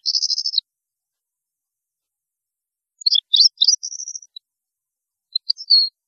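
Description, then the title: European goldfinch giving brief high twittered phrases: a short buzzy trill, a pause, then a jumble of chirps and a few last notes; otherwise quiet. "Chant Chardonneret"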